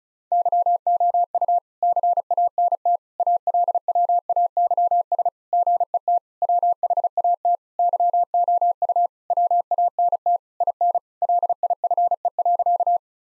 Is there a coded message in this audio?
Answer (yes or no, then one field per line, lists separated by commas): yes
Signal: Morse code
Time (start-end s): 0.3-13.0 s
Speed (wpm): 34 wpm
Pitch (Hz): 700 Hz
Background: none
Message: YOU CANT ALWAYS GET WHAT YOU WANT IN LIFE.